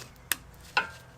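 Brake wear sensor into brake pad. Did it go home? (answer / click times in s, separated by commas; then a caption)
yes / 0.3 s. A brake pad wear sensor, its raised-nub side facing the pad material, is pressed into the notch in the brake pad backing. It pops into place with a sharp, bright click at 0.3 s, and it may take a little pressure to get it in. A second, similar click follows at 0.8 s, and the sensor is seated.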